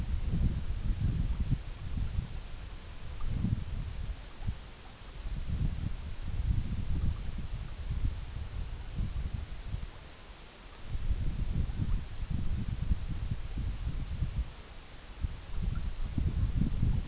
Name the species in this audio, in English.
none